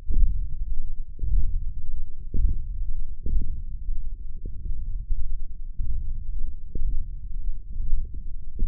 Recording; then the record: forearm muscle sounds (acoustic myography)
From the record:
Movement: radial deviation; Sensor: system 1, eight BSWA MPA416 microphones around the upper forearm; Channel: 5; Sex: female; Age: 22 years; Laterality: right